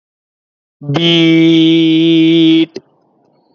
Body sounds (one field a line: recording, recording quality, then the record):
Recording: sustained vowel as in beet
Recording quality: excellent, no background noise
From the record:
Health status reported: exposed to COVID-19, no respiratory illness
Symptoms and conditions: none ticked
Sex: male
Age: 30 years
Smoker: not ticked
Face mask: worn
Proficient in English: yes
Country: India